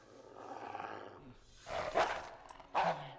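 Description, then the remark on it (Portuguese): A dog's low, rumbling growl builds for a moment, then gives way to two loud, harsh barks spaced about a second apart, each with a rough, roaring edge. “Você tem cachorro?”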